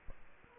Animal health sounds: mosquito wingbeat signal from an infrared sensor; Culex quinquefasciatus

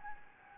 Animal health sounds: mosquito wingbeat signal from an infrared sensor; Anopheles gambiae

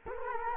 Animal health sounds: mosquito wingbeat signal from an infrared sensor; Culex quinquefasciatus

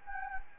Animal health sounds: mosquito wingbeat signal from an infrared sensor; Anopheles gambiae

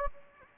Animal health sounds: mosquito wingbeat signal from an infrared sensor; Anopheles gambiae

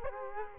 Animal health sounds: mosquito wingbeat signal from an infrared sensor; Culex quinquefasciatus

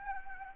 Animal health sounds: mosquito wingbeat signal from an infrared sensor; Anopheles gambiae

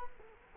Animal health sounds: mosquito wingbeat signal from an infrared sensor; Culex quinquefasciatus

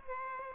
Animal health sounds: mosquito wingbeat signal from an infrared sensor; Aedes aegypti

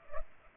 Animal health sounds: mosquito wingbeat signal from an infrared sensor; Culex pipiens

